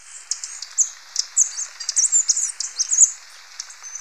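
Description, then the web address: Capped Conebill calls: quick, very high-pitched twitters and short squeaky chirps repeated in an uneven stream for several seconds. Recorded in Ecuador. "Birds of Ecuador. Capped Conebill"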